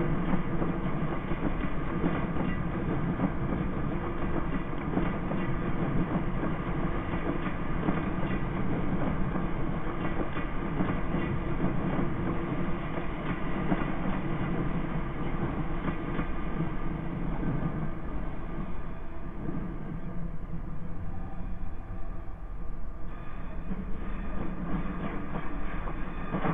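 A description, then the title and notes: A train rolls steadily along with a dense, low rumble that holds at an even loudness throughout. Faint rhythmic rattling runs beneath the drone, and around the twenty-second mark the sound briefly thins and dulls before the full rumble returns. Then real train recordings from a British railcam were brought into to represent the “real” world.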